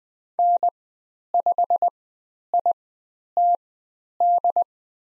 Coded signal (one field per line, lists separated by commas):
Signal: Morse code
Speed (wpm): 20 wpm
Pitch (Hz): 700 Hz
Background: none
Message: N5ITD